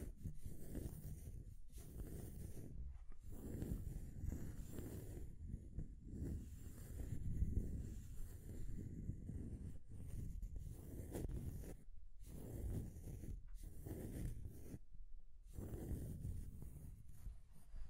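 Scratching and tracing sounds, a continuous rough rubbing with most of its weight low and muffled. The strokes swell and fade in uneven bursts, broken by short silent gaps near 2, 12 and 15 seconds, with faint scratchy hiss riding on top.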